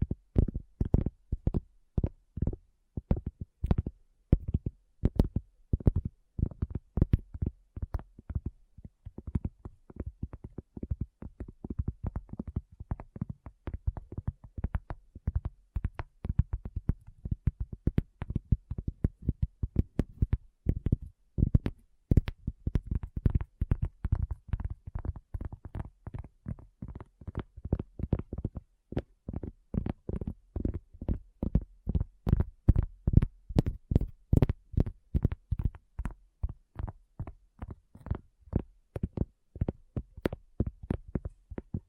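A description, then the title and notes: Tapping runs continuously through all 42 seconds, a dense string of short, sharp hits with dull, low-weighted thuds. The rhythm is fast and fairly regular, with brief clusters and tiny gaps. A few taps ring brighter and louder, especially near the middle and toward the end. ASMR Addictive Tapping. (No Talking).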